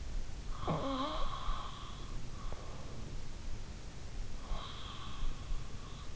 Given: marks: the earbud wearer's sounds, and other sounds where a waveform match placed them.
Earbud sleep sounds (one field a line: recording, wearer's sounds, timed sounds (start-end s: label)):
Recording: sounds in sleep by an in-ear microphone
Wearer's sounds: snoring breath, breath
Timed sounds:
0.09-2.37 s: snoring breath
4.16-6.16 s: breath